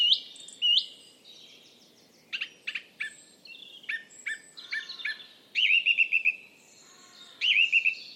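Bird twittering with varied chirps and clear upslurred whistles followed by quick trills, over low background hiss.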